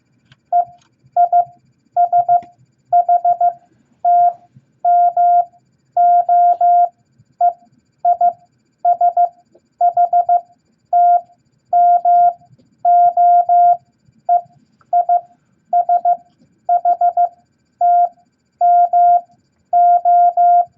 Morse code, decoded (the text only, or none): E I S H T M O E I S H T M O E I S H T M O